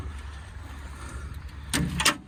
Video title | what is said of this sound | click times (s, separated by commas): 2012 Fiat Doblo wheelchair accessible vehicle. Virtual viewing and demonstration by Ashtons Cars. | without in place that clicks into place like that you just lift it like this to move it back down again but | 2.0 s